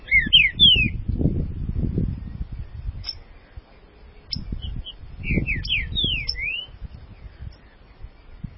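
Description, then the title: Green-winged saltator song: two bursts of loud, slurred whistled notes separated by a few seconds, with low rumbling noise in the background. "Trinca Ferro"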